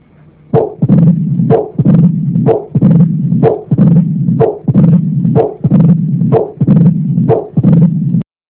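Adult heart heard through a stethoscope: a systolic and diastolic murmur with a diastolic rumble.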